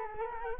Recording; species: mosquito wingbeat signal from an infrared sensor; Culex quinquefasciatus